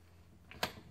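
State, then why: Seated. A plastic Aqua-Stop valve is pushed firmly onto the lid of a Fluval FX4/FX6 canister filter; the valves are stiff but click into fit when pushed. A faint tap at 0.5 s is followed by a sharp, bright click at 0.6 s, with a short low rumble after it. The stop valve is seated on the canister filter lid.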